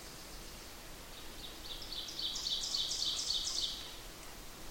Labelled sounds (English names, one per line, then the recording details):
Ovenbird song
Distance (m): 40 m
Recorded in boreal forest in Alberta, Canada, on 8 June 2016 at 07:23
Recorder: SongMeter 3, array SBT-3-9
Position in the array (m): 50 m, 108 m
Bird 33